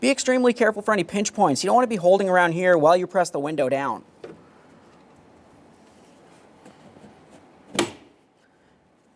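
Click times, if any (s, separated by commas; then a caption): 4.2 s, 7.8 s. On a 2015-2020 Ford F-150, someone talks while the rear left side window glass, already aligned on both sides, is pressed down onto the window regulator adapters. A faint click at 4.2 s and a sharp click at 7.8 s come from the two locking tabs catching, and the glass is seated in the regulator.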